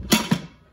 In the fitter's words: you place it and then you it snaps into place